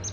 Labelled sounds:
Palm Warbler (Setophaga palmarum) flight call

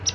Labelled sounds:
Palm Warbler (Setophaga palmarum) flight call

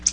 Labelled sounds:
Black-throated Blue Warbler (Setophaga caerulescens) flight call

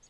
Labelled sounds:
Lucy's Warbler (Leiothlypis luciae) flight call

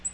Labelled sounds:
Black-throated Green Warbler (Setophaga virens) flight call

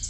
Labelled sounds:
Red-faced Warbler (Cardellina rubrifrons) flight call

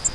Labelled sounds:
Grace's Warbler (Setophaga graciae) flight call

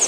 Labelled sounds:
Pine Warbler (Setophaga pinus) flight call

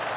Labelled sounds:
Cape May Warbler (Setophaga tigrina) flight call

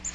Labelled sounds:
Magnolia Warbler (Setophaga magnolia) flight call

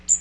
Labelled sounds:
Magnolia Warbler (Setophaga magnolia) flight call

